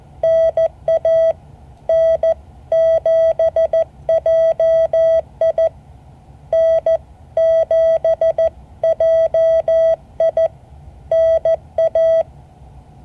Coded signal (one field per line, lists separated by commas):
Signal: Morse code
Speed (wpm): 14 wpm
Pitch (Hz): 650 Hz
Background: none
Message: NA N7JI N7JI NA